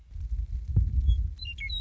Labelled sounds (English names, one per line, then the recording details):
Western Meadowlark
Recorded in Sonoma County, California